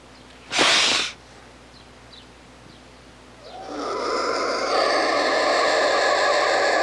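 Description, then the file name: Black vulture giving one sharp breathy burst, then after a pause a long, rough, sustained hiss with layered tonal bands that continues to the end. "Urubu"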